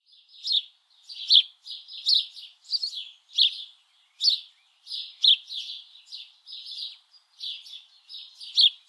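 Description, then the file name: House sparrow chirping persistently, harsh bright notes in uneven clusters. "Passer domesticus"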